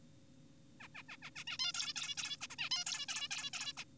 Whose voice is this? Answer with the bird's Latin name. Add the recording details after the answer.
Taeniopygia guttata. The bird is an adult. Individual g4p5U